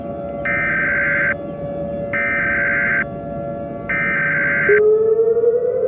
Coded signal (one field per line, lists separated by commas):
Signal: Emergency Alert System (SAME) tones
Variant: header bursts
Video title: EAS Scenario #26 The Malfunctioning Process